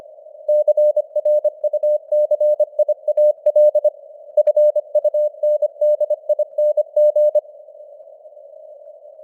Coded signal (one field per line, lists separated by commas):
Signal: Morse code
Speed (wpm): 25 wpm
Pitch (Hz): 600 Hz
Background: none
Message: CRUCIAL FUNDING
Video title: Morse Code News | 2025-12-22 | 25wpm